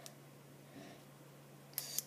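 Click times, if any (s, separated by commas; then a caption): none. A padlock is spun and turned by hand to open it, with the shackle still held in the lock body, while a steady low hum runs underneath. A faint tick comes at 0.1 s, a soft rustle near 0.8 s, and two sharp, bright clicks at 1.8 s and 2.0 s. The shackle has not snapped open yet.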